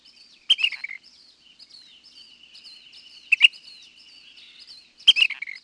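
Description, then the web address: Ash-throated Flycatcher giving three short sharp calls a few seconds apart, with a thin steady tone and soft twittering in the background. "Peterson North American Birds"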